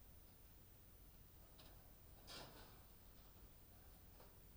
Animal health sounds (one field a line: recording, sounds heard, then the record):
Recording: poultry house recording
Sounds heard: no chicken sound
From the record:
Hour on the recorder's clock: 23